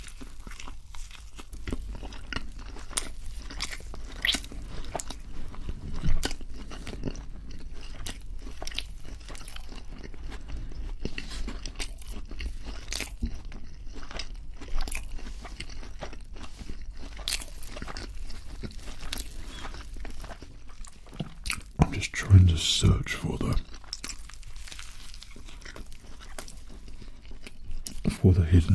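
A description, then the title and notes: Mukbang eating with frequent sharp crunching and chewing bites throughout, a few soft voice moments, and heavier low thumps around twenty-two seconds. Mukbang Feast.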